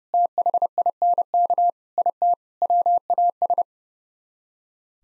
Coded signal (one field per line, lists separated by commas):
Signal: Morse code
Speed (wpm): 38 wpm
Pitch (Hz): 700 Hz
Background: none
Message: THINK IT WAS